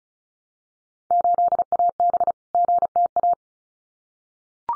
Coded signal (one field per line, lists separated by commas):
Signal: Morse code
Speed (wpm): 36 wpm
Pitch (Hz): 700 Hz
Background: none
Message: 8AB GTA